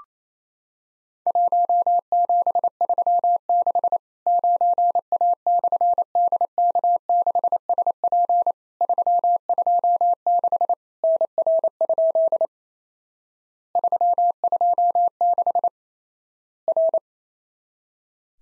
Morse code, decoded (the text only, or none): 1736 9A/DK6SP 326 NR? 326 R